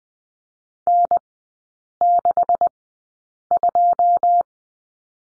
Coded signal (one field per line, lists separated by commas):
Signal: Morse code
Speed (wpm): 20 wpm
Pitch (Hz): 700 Hz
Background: none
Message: N62